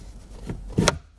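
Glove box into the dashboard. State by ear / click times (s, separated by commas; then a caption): seated / 0.9 s. A glove box on a Honda Civic, closed after replacing the cabin filter, is lifted back up and pushed into the dashboard. A soft knock at about 0.5 s is followed by a sharp latch click at 0.9 s, and the glove box is seated and secure.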